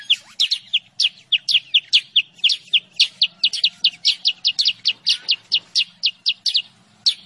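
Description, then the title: Sooty-headed bulbul song, a rapid run of sharp high chirps over a faint low hum. Masteran (training song) and pikat lure recording of kutilang sutra, used for trapping or training birds. "Masteran Kutilang Sutra. suara pikat burung kutilang sutra"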